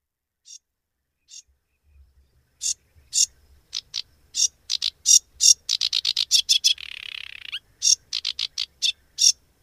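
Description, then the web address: Sedge warbler song starting with a few scattered scratchy notes, building into dense harsh chattering with a rasping buzzy stretch. "agykontroll Madardalok Cd 3. Foltos nádiposzáta"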